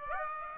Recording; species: mosquito wingbeat signal from an infrared sensor; Aedes aegypti